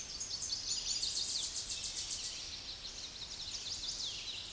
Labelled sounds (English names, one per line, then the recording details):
Chestnut-sided Warbler song
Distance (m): 35 m
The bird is about 5 m below the microphone
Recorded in a Pennsylvania forest on 16 May 2024 at 07:11
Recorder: AudioMoth, point MSD-2306
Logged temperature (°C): 15.6 °C
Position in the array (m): 35 m, 30 m